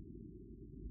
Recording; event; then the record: neck accelerometer signal played as sound; no cough (speech, laughter, throat clearing or background)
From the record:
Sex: female